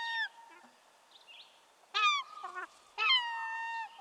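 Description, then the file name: Herring gull calls: drawn-out, slightly falling mewing wails, one brief at the start, then two louder ones about a second apart, with faint softer notes between. "dan gibsons solitudes herring gull"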